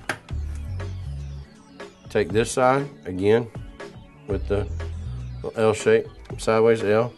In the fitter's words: going to push until we click here it click